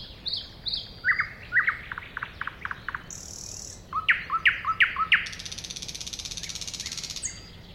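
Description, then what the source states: Thrush nightingale singing: high whistles, sharp repeated clacking notes, a high ringing tone, then a long grating rattle. Recorded at a woodland edge next to a lake, 2001.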